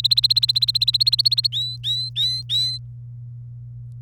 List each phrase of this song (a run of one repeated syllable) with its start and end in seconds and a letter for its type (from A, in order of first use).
0.00-1.47 A, 1.52-2.78 B